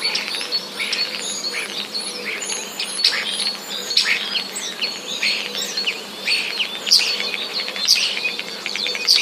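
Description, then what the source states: Common starling song, dense chattering chirps, clicks and short sharp notes packed closely together without pause throughout. Starlings singing; song contains borrowings from sparrow sounds.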